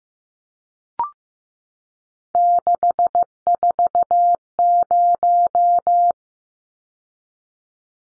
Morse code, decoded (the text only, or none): 640